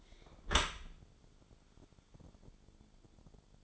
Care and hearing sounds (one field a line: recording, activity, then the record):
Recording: daily activity, microphone in the room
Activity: close dishwasher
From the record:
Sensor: 5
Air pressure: 1015.1 hPa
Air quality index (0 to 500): 153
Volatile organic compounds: 4 ppm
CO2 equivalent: 1650 ppm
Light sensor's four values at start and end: 38/91/37/39 and 38/90/37/39